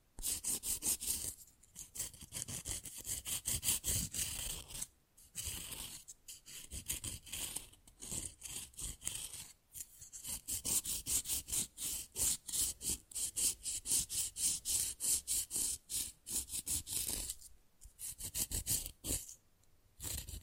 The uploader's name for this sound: Fast & Rough Nail Filing + Tapping